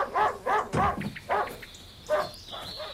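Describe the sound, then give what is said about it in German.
A dog barks and yips in a rapid series of short, high, excited bursts, with a thin whining tone drifting above the barks. “Ich hoffe, es ist Ihr Hund.”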